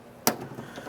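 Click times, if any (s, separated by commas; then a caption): 0.3 s. While a 2006-2010 Ford Explorer door lock actuator is being replaced, the door lock rod is slid into the yellow plastic rod clip on the latch assembly and the clip is locked closed. A single sharp, bright click at 0.3 s is heard as the clip snaps shut, followed by faint low handling noise. The rod is seated and secured in its retaining clip.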